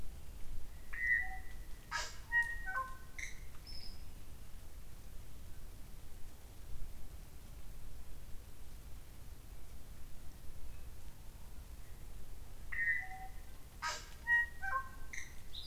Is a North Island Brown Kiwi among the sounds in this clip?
no